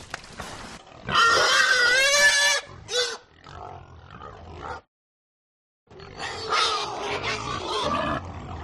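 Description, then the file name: Domestic pigs giving loud squeals, then lower grunting, a second of silence, and another burst of overlapping squealing and grunting. A herd of domestic pigs grunting and screaming, many animals together. "smartsound ANIMAL PIG"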